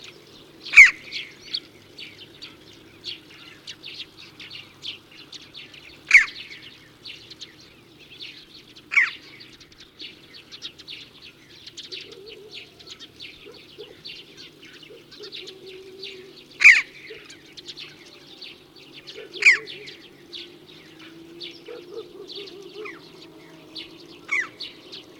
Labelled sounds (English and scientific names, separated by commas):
Red-billed Chough (Pyrrhocorax pyrrhocorax) call